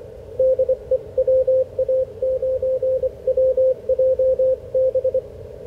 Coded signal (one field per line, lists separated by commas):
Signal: Morse code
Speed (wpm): 21 wpm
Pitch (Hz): 520 Hz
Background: radio noise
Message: DE WA9WJB